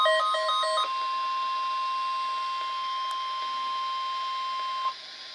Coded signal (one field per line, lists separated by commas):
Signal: Emergency Alert System (SAME) tones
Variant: 1050 Hz attention tone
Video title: Severe Thunderstorm Warning on 3 Stations (EAS #1063-1065)